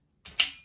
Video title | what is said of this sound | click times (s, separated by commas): Sharps Bros. Heatseeker chassis for the Ruger American Short Action (assembly / how-to build video) | you hear it pop over | 0.4 s